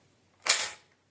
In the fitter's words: so there's that very positive click there and it locks open on on an open mag